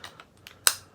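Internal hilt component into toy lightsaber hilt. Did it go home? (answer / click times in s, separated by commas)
yes / 0.7 s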